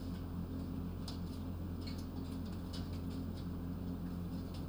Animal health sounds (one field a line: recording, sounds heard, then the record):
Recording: poultry house recording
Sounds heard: no chicken sound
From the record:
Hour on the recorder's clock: 20